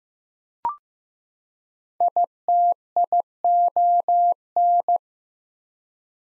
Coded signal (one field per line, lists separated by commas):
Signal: Morse code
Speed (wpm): 15 wpm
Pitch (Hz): 700 Hz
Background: none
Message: ITION